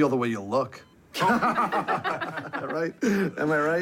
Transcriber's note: laughter